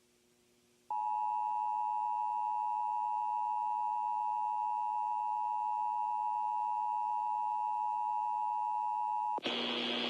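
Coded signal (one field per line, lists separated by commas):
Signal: Emergency Alert System (SAME) tones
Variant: 853 and 960 Hz attention tone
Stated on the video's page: Iowa Required Monthly Test originated from an AM station and relayed to all Iowa radio and TV stations, with two stations' relays captured.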